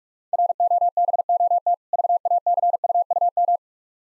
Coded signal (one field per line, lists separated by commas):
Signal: Morse code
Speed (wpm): 46 wpm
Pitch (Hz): 700 Hz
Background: none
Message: ROBOT VACUUM